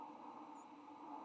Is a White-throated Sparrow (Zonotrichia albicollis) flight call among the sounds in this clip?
no